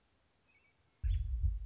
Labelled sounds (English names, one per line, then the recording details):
American Robin
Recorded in Sonoma County, California